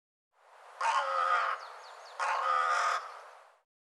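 Bird delivering two drawn-out raspy caws roughly a second and a half apart, with faint high chirps between them.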